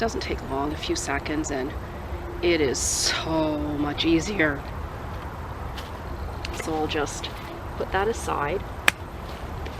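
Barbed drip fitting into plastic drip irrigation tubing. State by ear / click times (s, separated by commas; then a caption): seated / 8.9 s. Someone talks while a barbed drip-irrigation fitting is pushed into plastic drip tubing in a hosta bed. A single sharp snap at 8.9 s marks the fitting popping in and seating in the tubing.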